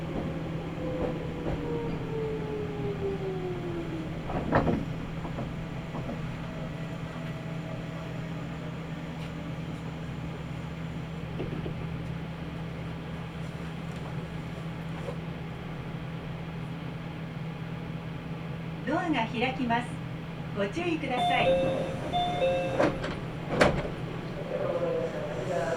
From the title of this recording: Nagoya Railroad Mikawa Line Chiryu to Hekinan